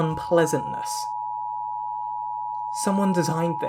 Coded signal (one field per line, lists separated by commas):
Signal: Emergency Alert System (SAME) tones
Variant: 853 and 960 Hz attention tone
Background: speech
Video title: What Are EAS Scenarios? The Scary Noise